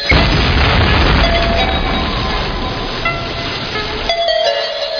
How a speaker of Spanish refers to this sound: Hace 13.700 millones de años, en una violenta y enceguecedora explosión, se inició la historia.